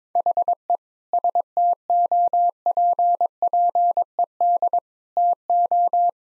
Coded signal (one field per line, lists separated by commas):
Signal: Morse code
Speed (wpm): 22 wpm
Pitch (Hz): 700 Hz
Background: none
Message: HE STOPPED TO